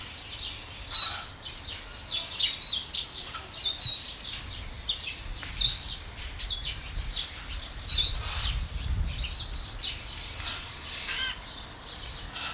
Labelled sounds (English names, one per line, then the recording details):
Emerald Starling
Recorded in captivity
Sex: group
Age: adult
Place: Zoo Halle, Sachsen-Anhalt, DE
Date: 1993-04-24 10:58
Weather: heiter, 16-24 °C
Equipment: Sony WM-D6C, Sony ECM-939 LT, Kopie Uher Variocord 263
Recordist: Tembrock, Günter
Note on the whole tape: Langlaute in Gruppe